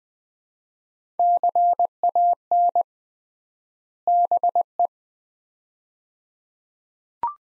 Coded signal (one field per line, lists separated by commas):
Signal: Morse code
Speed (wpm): 20 wpm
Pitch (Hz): 700 Hz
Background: none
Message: CAN BE